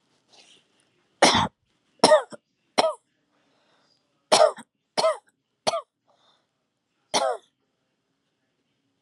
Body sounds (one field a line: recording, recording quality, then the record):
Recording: shallow voluntary cough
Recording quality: excellent, no background noise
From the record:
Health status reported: healthy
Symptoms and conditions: none ticked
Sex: male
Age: 45 years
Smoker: not ticked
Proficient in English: yes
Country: United States